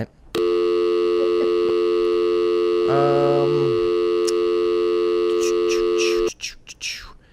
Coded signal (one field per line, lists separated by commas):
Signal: telephone call progress tone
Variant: North America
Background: speech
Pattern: dial tone